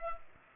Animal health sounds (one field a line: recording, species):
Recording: mosquito wingbeat signal from an infrared sensor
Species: Culex pipiens